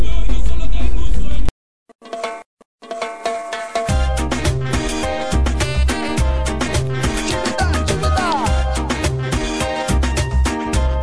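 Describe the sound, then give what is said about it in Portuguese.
A short musical jingle: a bright opening burst cuts to a brief near-silent gap with a few scattered notes, then a full arrangement kicks in with a steady thumping beat and layered melody. “Pelo menos eu não vou botar aquela vinhetinha chata. É, essa aí.”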